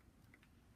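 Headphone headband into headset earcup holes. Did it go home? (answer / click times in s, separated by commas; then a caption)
no / none. A headphone headband is pushed back onto the earcup of a Texas Special Instruments audiometer headset, one side going into its small holes. Only faint handling noise and a couple of soft, brief ticks are heard over a low background. Nothing has clicked or seated yet.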